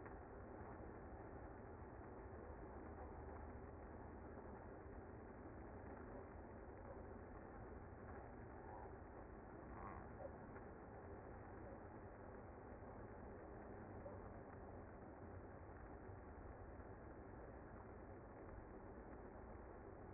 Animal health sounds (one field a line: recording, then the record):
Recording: honeybee colony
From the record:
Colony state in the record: active